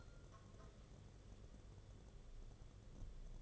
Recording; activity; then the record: daily activity, microphone in the room; take from stove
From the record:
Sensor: 4